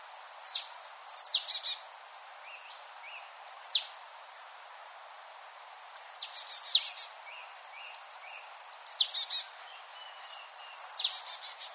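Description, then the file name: Marsh tit calls: short, sharp notes sweeping steeply downward, given singly or in quick clusters, with faint softer chirps between. "Poecile palustris"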